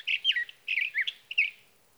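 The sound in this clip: Sage thrasher giving a brief warbled song, three or four quick bursts of jumbled whistled notes ending in quiet.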